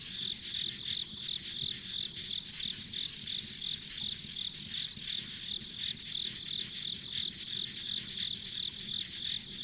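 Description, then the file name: Insects chirping steadily, high pulsed notes about three each second, plus a soft low hum. Insects recorded as ambient sound on a country road. "田舎道の虫の環境音"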